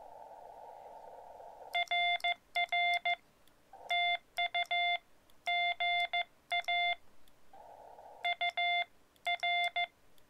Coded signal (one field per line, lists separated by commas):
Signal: Morse code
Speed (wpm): 16 wpm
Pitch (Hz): 700 Hz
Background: none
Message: RR TU GA UR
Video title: My Morse Code Journey: POTA activation Fisher Towers